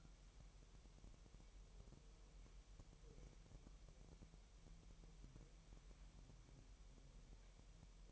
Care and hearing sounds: daily activity, microphone in the room; wipe stove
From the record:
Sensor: 1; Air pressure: 1001.0 hPa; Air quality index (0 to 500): 249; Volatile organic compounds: 150 ppm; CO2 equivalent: 4024 ppm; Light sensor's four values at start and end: 11/27/11/12 and 12/28/11/12

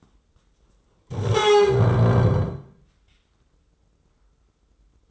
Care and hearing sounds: daily activity, microphone in the room; stand up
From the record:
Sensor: 3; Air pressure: 996.0 hPa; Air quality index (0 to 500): 245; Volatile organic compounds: 1000 ppm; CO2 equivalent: 6267 ppm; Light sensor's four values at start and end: 38/93/41/44 and 37/89/39/42

